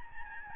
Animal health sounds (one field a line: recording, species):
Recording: mosquito wingbeat signal from an infrared sensor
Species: Aedes albopictus